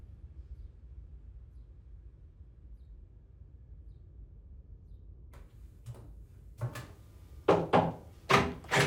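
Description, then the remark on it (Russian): A door is shut and locked: after several seconds of low, quiet hum, a few soft clicks give way to louder wooden thuds and clunks of the latch and lock near the end. “Ты дверь заперла?”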